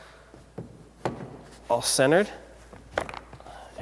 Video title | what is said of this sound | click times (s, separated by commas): 2010 Roadster Exterior Walkthrough | and locked into place | 3.0 s